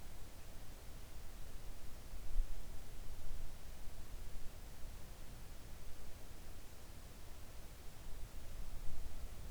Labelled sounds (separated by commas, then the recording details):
near silence
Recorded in the Arctic National Wildlife Refuge, Alaska, on 3 August 2019 at 06:09
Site 41